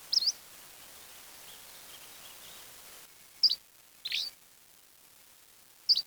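Bird giving a few short, high, sharp chirps at irregular intervals, with a steady hiss in the background.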